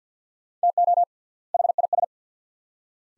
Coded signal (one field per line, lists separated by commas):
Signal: Morse code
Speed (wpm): 50 wpm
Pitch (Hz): 700 Hz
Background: none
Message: TO HIS